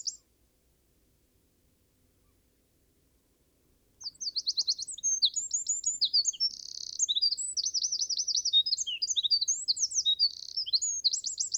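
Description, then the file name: Eurasian wren song bursting in after about four seconds of quiet, a sustained stream of shrill notes, buzzy rattles and quick trills. "Troglodytes troglodytes"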